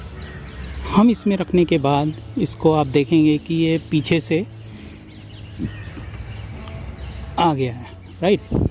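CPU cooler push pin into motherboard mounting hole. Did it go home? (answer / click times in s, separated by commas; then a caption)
no / none. A plastic push pin of a stock CPU cooler is being handled over its motherboard mounting hole while someone talks, with a few faint bursts and a brief tap near 6.7 s. Nothing has seated or clicked yet.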